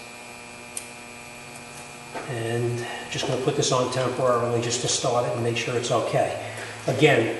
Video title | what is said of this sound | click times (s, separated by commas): Saturn Ion 2.2 Eco Tec Common Misfire Repair !!! | and then you push your lock tab back down to lock it in place. | 0.8 s